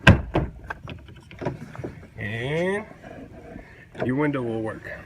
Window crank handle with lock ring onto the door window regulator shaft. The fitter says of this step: gonna push it in and you'll hear a snap